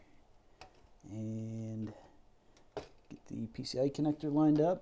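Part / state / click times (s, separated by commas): graphics card into motherboard PCIe slot / not seated / none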